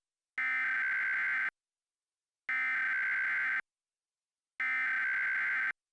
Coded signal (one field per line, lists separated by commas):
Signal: Emergency Alert System (SAME) tones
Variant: header bursts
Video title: EAS Scenario - "Us"